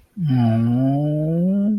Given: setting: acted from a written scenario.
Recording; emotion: vocal sound without words; sympathy